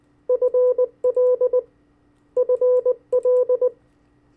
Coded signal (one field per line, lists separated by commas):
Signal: Morse code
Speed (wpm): 20 wpm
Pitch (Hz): 500 Hz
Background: none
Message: FL FL